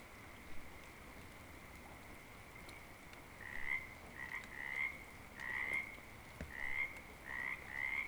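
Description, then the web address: Frogs calling in short croaks, sparse at first and then repeating about once a second, over a faint hiss of rain. Frogs calling in rain, Oregon, 2014. "Discover Oregon - Wind and Storms Rain 2014 Frogs Rain"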